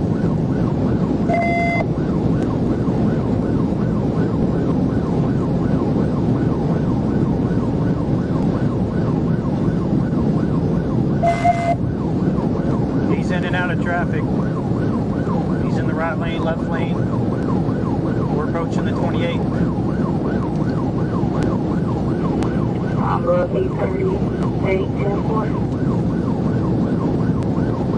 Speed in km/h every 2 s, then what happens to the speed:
209, 214, 216, 216, 211, 206, 201, 198, 196, 193, 200, 204, 208, 212.
0-6 speeds up to 216. 6-19 slows to 193. 19-28 speeds up to 212.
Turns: none.